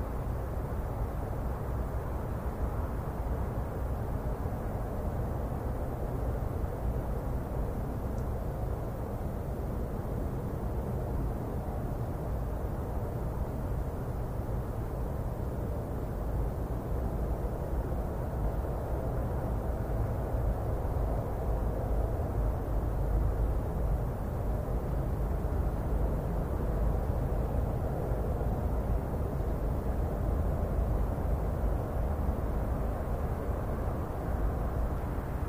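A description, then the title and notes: A harbor town on a grey, foggy evening, heard as a steady, dense low rumble like a far-off engine or passing aircraft. The sound is dull and muffled, with almost nothing bright on top, and it holds an even level throughout without clear separate events. Foggy Harbor Town. The serene and relaxing sounds of a Northeastern harbor town on a very grey, foggy evening.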